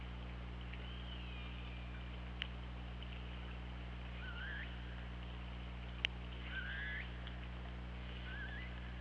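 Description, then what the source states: Orca calls, a long descending whistle-like call followed by three short upturned, stepped pulsed calls, two sharp snaps between them, all above a low continuous hum. Underwater recording from an OrcaLab hydrophone, 24 August 2017, about 08:00.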